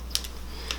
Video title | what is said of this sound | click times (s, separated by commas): Loading & Unloading Revolvers - Tactical Dynamics | i got it all loaded up i close my cylinder it locks into place the gun would now be ready to fire | 0.1 s